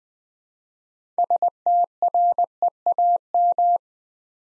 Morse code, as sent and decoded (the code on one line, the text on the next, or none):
... - .-. . .- --
STREAM